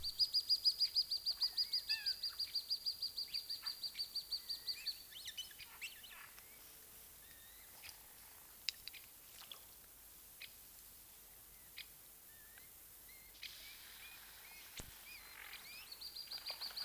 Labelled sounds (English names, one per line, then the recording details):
Grey Heron call
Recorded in the wild
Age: adult
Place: Mühlenbecker Wald, Brandenburg, DE
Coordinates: 52.6942, 13.3886
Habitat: pond
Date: 1983-08-20 17:55
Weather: 26-28°C
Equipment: Nagra SN, Sennheiser MKH 416T (Automatik), Kopie Uher 4000 Report Monitor
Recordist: Tembrock, Günter